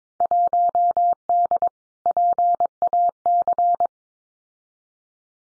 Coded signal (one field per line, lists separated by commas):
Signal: Morse code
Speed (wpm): 22 wpm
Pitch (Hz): 700 Hz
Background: none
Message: 1D PAC